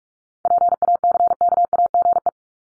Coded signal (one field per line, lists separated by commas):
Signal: Morse code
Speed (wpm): 44 wpm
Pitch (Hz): 700 Hz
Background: none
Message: PACKAGE